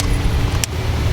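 During a MAXPower ECM by MADNESS install on a Jeep Renegade, a female plastic harness connector is aligned by its locking tab with the yellow portion of the mating sensor harness connector and pushed on. Over a steady low rumble, a single sharp, bright click sounds at 0.6 s as the connector seats and locks home.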